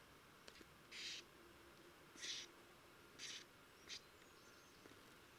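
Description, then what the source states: Common grasshopper warbler giving four short, dry tak calls at uneven intervals over a faint steady background hiss. Tak calls of a female held in the hand.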